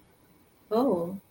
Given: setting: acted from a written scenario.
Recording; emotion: vocal sound without words; ecstasy